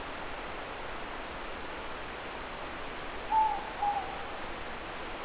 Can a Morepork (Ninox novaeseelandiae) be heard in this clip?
yes